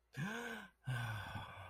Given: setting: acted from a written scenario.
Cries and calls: vocal sound without words; sympathy

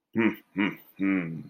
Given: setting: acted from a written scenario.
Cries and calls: vocal sound without words; desire

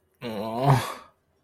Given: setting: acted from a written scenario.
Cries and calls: vocal sound without words; distress

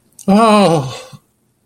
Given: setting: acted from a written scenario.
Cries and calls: vocal sound without words; positive surprise

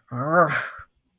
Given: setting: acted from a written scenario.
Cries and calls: vocal sound without words; anger

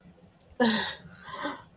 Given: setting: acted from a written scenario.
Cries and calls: vocal sound without words; pride

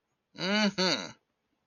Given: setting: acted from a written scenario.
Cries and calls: vocal sound without words; triumph

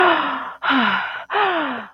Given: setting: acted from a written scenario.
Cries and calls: vocal sound without words; desire

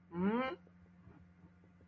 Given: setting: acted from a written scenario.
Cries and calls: vocal sound without words; sympathy

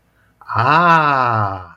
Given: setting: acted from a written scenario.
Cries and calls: vocal sound without words; realization

